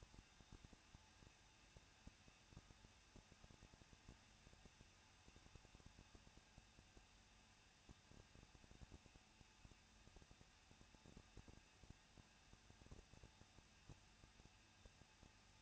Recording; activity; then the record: daily activity, microphone in the room; no activity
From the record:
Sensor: 2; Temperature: 21.0 degrees Celsius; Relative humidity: 37.3%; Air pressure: 1006.4 hPa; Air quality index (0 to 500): 220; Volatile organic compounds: 23 ppm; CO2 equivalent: 2778 ppm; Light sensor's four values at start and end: 2/3/2/2 and 2/3/2/2